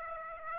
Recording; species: mosquito wingbeat signal from an infrared sensor; Aedes aegypti